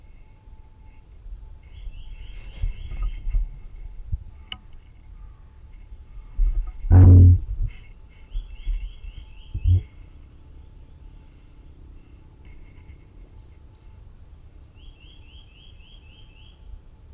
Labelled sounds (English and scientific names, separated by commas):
Common Firecrest (Regulus ignicapilla) call